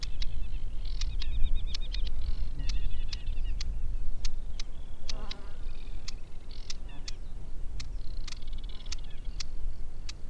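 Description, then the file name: Aquatic warbler song: scattered buzzy trills and rattles among frequent sharp clicks, with a brief lower chattering sound midway and low steady rumble beneath. "Aquatic Warbler - Acrocephalus paludicola"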